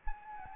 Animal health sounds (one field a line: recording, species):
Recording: mosquito wingbeat signal from an infrared sensor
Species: Anopheles gambiae